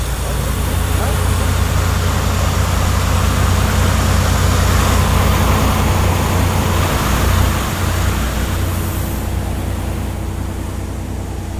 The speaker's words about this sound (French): C'est une pompe polyvalente. Elle pompe l'eau du bateau pour mettre dans la mer ou pomper l'eau de la mer pour aller dans le bateau pour arroser.